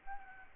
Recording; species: mosquito wingbeat signal from an infrared sensor; Aedes albopictus